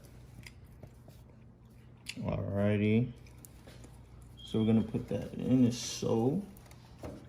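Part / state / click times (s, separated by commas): CPU power cable plug into motherboard header / not seated / none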